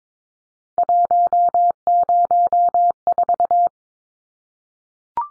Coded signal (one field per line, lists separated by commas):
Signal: Morse code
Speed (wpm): 22 wpm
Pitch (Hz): 700 Hz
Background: none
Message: 104